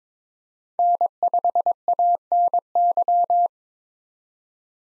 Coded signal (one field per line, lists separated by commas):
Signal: Morse code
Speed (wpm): 22 wpm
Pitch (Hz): 700 Hz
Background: none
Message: N5ANY